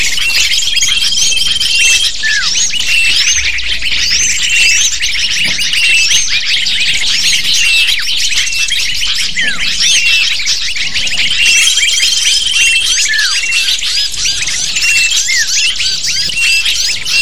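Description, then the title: Continuous shrill lovebird chattering, many overlapping squeaky notes, with steady flat whistles appearing early and again after eleven seconds. Sound used to lure lovebirds. "PIKAT BURUNG LOVEBIRD"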